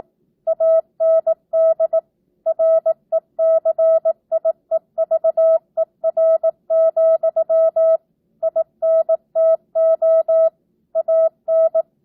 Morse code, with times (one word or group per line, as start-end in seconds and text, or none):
0.5-2.0 AND
2.5-8.0 RECIEVER,
8.4-10.5 INTO
11.0-11.8 AN